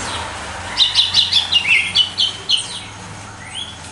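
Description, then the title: Red-cowled cardinal song: a quick burst of several bright chipping notes, then a softer rising whistle, over low background hum. Female; after the moult; contest bird. "Canto Galo Campina Fêmea 02. GALO DE CAMPINA DEPOIS DA MUDA (disputa)"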